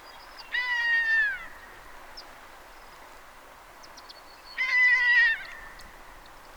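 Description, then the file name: Long-legged buzzard calling twice, each a nasal mew of under a second sliding gently downward, about four seconds apart, with faint bird chirps in between. "Ornvrak"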